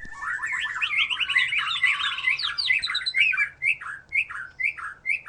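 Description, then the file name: White-rumped shama song, a fast tumbling series of warbled notes followed by repeated downslurred whistled phrases, about two per second. "murai batu"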